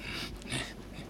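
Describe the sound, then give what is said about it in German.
A dog panting and breathing, a short run of soft, airy huffs with a couple of slightly stronger breaths, heard alone without any talking. “Ich kann mich wieder atmen hören.”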